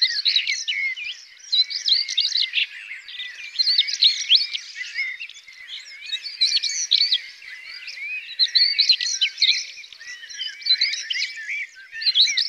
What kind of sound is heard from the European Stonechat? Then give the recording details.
song. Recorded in the wild. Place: Freiburg/Rieselfeld, Baden-Württemberg, DE. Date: 2002-05-18. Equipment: MiniDisc Sharp MT 20 H. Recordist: Schwarz, Dieter